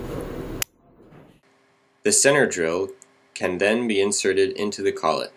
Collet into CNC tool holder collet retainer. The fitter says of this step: The collet is inserted from the back of the collet retainer. Make sure you hear it snap into place.